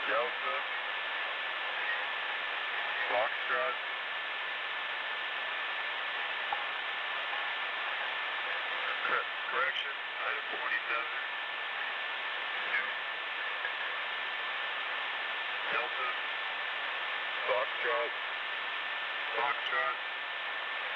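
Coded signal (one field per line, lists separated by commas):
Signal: numbers station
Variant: male voice, random letters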